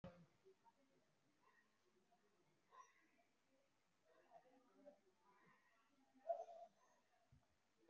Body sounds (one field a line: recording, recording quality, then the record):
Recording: deep breathing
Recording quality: moderate, slight background noise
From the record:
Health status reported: respiratory illness, not identified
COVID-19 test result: negative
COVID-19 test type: RT-PCR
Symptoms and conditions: cough, cold, fatigue, asthma, another respiratory illness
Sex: female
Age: 34 years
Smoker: no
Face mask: not worn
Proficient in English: no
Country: India